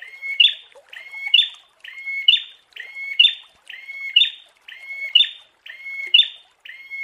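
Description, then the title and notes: Prinia phrases: a short hooked, rising and falling note group repeated about once per second, evenly spaced throughout. Prinia song used as a masteran (tutor) therapy recording. "Masteran Terapi Prenjak. Burung Prenjak"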